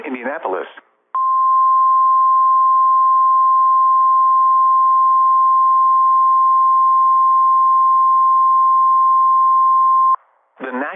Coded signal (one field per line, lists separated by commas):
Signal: Emergency Alert System (SAME) tones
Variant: 1050 Hz attention tone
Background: speech